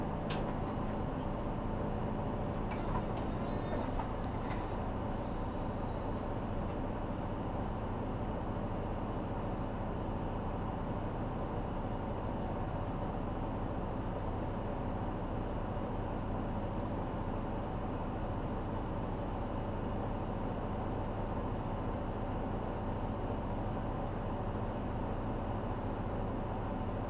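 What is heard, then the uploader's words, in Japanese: Recorded aboard a city bus carrying passengers into town, the engine gives a steady low rumble throughout with a constant whine above it. Near the start a brief sharp click and a few seconds of bright rattling or hissing stand out, then the ride continues evenly. 西肥バス 弓張岳展望台→佐世保駅。続々と佐世保市内に向かう人が乗ってきます。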